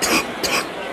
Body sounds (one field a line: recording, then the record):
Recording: coughing mixed with background sound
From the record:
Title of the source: 31 night wet cough